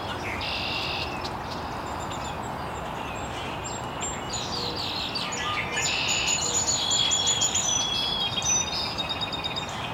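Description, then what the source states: Birds chirping, sustained buzzy high trills and clear thin whistles from several birds, growing busier toward the end, with steady background noise. Chirping very early in the morning in an estuary.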